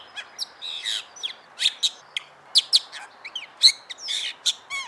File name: suara jalak bali